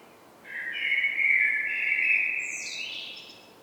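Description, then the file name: Common blackbird: one sustained mellow warble that sweeps up into a high, squeaky twitter at the end. "Turdus merula"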